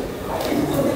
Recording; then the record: background sound without coughing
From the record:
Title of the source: 40 min - Ambience sounds UNIVERSITY lunchroom chatting